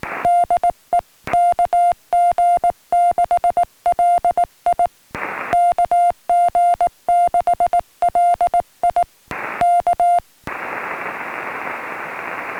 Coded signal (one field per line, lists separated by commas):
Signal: Morse code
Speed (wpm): 19 wpm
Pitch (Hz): 700 Hz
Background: music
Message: DE KG6LI KG6LI K